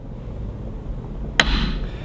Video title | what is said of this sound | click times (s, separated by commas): Bassmaster Classic Champ Tommy Martin | you'll hear that snap in and it's all set | 1.4 s